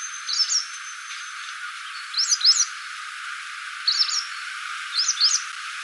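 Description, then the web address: White wagtail calls, four bright two-syllable chirps at irregular intervals, with a thin faint whistle early on. "cianscape birddata Deverinetal 2025"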